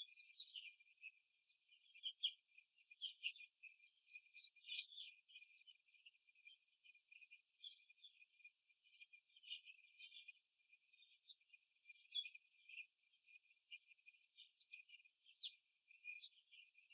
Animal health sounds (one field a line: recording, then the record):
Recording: young laying hens in a cage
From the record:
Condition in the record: before the stressor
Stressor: simulated dog barking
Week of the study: 3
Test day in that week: 1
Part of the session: 1